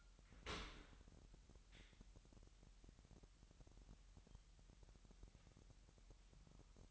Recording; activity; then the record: daily activity, microphone in the room; open dishwasher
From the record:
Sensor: 3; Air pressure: 998.4 hPa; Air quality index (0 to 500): 148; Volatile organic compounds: 5 ppm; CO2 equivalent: 1770 ppm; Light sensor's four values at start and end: 14/42/17/16 and 14/42/17/15